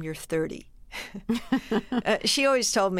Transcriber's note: laughter